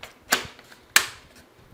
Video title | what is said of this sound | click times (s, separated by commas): Fractal Design Define R5 Computer Case Review | we also see our toolless very easily removable 5 and a/ quart in Drive Bay covers in the front that just kind of lock into place | 1.0 s